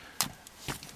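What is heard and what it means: The working side of a collapsible handle on a BuckTool 360 multitool is folded, and its spring lock snaps into place with a sharp, bright click at 0.2 s, giving a solid lock. A softer handling noise follows around 0.7 s. The other side of the handle does not click because its spring is broken.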